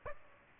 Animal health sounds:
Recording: mosquito wingbeat signal from an infrared sensor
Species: Aedes aegypti

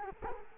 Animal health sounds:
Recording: mosquito wingbeat signal from an infrared sensor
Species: Culex quinquefasciatus

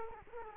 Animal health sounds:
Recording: mosquito wingbeat signal from an infrared sensor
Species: Culex quinquefasciatus

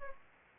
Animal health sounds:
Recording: mosquito wingbeat signal from an infrared sensor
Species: Anopheles arabiensis

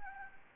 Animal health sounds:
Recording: mosquito wingbeat signal from an infrared sensor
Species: Anopheles gambiae

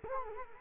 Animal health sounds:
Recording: mosquito wingbeat signal from an infrared sensor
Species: Culex quinquefasciatus

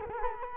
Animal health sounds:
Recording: mosquito wingbeat signal from an infrared sensor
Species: Culex quinquefasciatus

